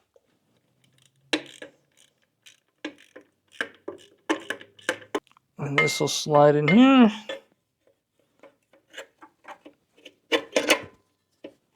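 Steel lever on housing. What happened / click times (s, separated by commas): The fork is being handled and has not seated yet / none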